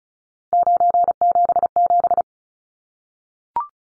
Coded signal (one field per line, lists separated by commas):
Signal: Morse code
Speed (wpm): 34 wpm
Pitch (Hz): 700 Hz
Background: none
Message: 977